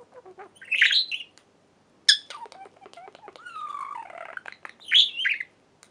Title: Budgie Sounds